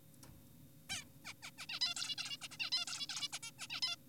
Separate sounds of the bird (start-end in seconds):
0.90-1.04, 1.25-1.34, 1.43-1.51, 1.58-1.66, 1.69-1.80, 1.81-1.94, 1.96-2.15, 2.18-2.37, 2.42-2.48, 2.51-2.57, 2.60-2.70, 2.72-2.85, 2.88-3.06, 3.10-3.28, 3.33-3.39, 3.43-3.51, 3.59-3.67, 3.70-3.81, 3.82-3.96